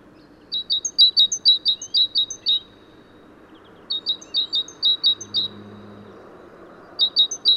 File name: Parus major